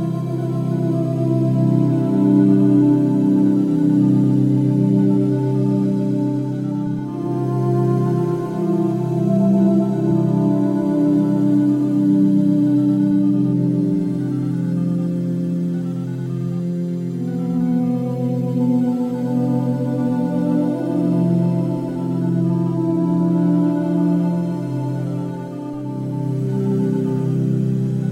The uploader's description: binaural waves at a frequency of 432hz